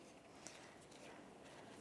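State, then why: Seated. An interior door handle component for a 2011-2021 Jeep Grand Cherokee is pulled, lined up and pushed into the door trim. A single faint, sharp click is heard at 0.5 s against a steady low hiss. The part clicks into place and is seated.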